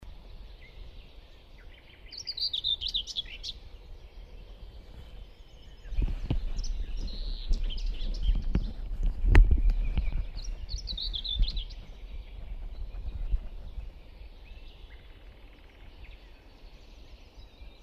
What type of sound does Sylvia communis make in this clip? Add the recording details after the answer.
song. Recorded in the wild. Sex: male. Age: adult. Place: Hobrechtsfelder Rieselfelder, Naturpark Barnim, Berlin, DE. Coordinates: 52.66, 13.4767. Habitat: open country. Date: 2013-05-12. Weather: sunny, windless, 10°C. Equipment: Sound Devices 702, Sennheiser MKH 70, Rycote Windschutz. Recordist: Frommolt, Karl-Heinz